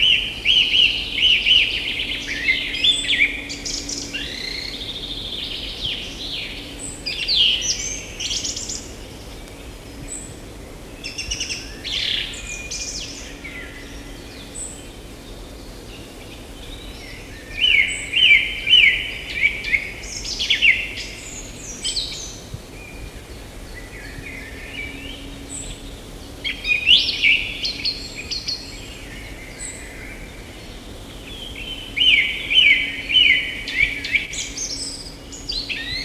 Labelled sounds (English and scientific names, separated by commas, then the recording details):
Song Thrush (Turdus philomelos) song
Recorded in the wild
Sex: male
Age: adult
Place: Feldberg - Koldenhof, Mecklenburgische Seenplatte, Mecklenburg, DE
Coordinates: 53.3403, 13.3586
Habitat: beech forest
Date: 1976-06-16 19:45
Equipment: Uher CR 210, Sennheiser MD 421 HL, Verstärker, Reflektor, Kopie Uher 4200
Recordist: Tembrock, Günter